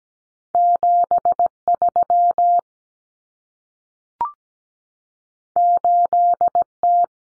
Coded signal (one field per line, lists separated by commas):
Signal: Morse code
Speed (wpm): 17 wpm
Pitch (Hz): 700 Hz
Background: none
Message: 73 8T